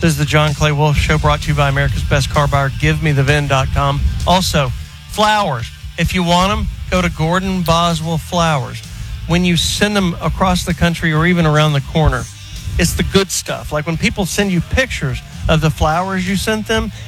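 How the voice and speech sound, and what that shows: A man reads a fast, fluent radio sponsor message over a low background hum; typical speech.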